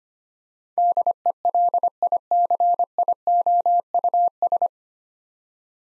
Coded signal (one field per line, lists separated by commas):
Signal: Morse code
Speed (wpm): 25 wpm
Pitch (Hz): 700 Hz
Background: none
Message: DELICIOUS